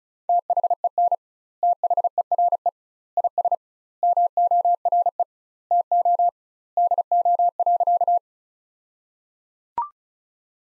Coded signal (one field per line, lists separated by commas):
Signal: Morse code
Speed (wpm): 36 wpm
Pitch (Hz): 700 Hz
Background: none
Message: THEN THERE IS MORE TO DO.